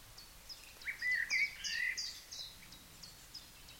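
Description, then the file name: Common blackbird delivering one mellow fluted warble that breaks into high scratchy twittering notes, over quiet background with scattered thin chirps from other birds. "Turdus merula"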